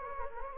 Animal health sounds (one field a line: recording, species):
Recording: mosquito wingbeat signal from an infrared sensor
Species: Anopheles gambiae